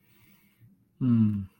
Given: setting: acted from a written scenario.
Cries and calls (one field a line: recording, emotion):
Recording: vocal sound without words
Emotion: contentment